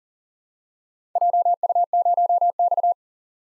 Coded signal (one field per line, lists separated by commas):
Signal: Morse code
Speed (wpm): 42 wpm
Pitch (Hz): 700 Hz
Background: none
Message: JU0X